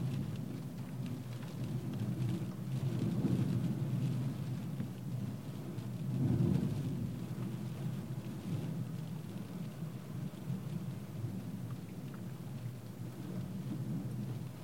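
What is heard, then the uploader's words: Rain drums steadily on a car roof as a low, rumbling roar, swelling around three and six seconds with gusts, then easing. Rain On Car Roof. Rain showers and wind gusts recorded from a stationary car. Recorded with Sony PCM D100 in wide mode at 24bit 96kHz.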